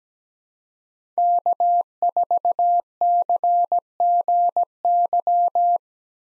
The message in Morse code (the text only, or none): K4CGY